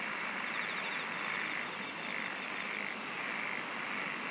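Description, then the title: Insect chorus with a rapid pulsed trill in the middle, against a thick steady hiss. "SINGING OF INSECTS"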